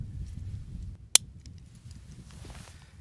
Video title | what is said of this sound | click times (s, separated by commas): Lamley Preview: Matchbox Collectors 2022 Mix 1 from the Bonneville Salt Flats | probably heard that click | 1.2 s